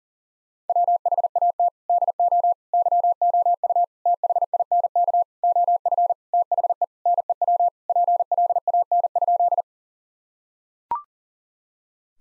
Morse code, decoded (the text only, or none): WHAT DO YOU THINK OF THE NEW PLAN?